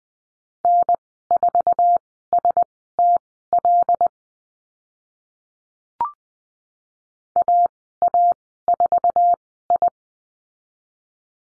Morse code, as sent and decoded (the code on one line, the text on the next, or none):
-. ....- ... - .-.. / .- .- ....- ..
N4STL AA4I